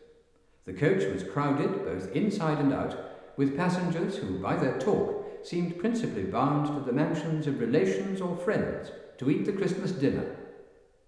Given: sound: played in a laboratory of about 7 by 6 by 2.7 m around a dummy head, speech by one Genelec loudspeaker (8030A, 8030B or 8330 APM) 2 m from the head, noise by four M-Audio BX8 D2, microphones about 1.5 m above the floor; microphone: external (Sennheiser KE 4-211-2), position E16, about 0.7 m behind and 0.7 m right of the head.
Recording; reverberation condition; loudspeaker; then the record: male speech in English; high; 120 degrees to the right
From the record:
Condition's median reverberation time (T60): about 1300 ms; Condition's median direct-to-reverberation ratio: about -4.0 dB